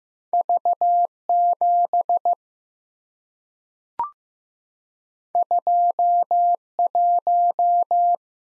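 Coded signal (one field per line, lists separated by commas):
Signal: Morse code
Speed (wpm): 15 wpm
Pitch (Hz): 700 Hz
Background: none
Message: V 7 2 1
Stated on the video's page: Morse practice drill of random two-character letter and number combinations at 15 WPM, each sent, spoken, then sent again.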